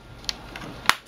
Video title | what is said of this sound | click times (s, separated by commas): Screen Replacement for a Lenovo Ideapad U450p | You can hear it like audibly snap once you get them back in. | 0.3 s, 0.9 s